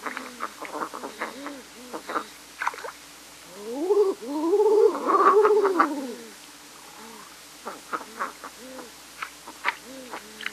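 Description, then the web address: King eider cooing, several birds giving soft arched notes, swelling into a louder overlapping chorus in the middle with scattered clicks and knocks. "Songs of Birds of North America Stokes. King Eider"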